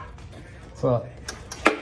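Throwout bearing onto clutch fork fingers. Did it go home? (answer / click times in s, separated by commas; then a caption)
yes / 1.7 s. A clutch throwout bearing for a 1966 Chevelle is pushed onto the spring fingers of the clutch fork while someone talks briefly. After two fainter ticks near 1.3 and 1.5 seconds, a sharp click at 1.7 seconds marks the bearing snapping into place, seated and locked onto the fork.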